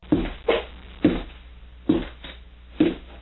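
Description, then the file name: Dog barking, five short gruff barks in an uneven series over about three seconds, with a low steady hum underneath. "Franks Dog"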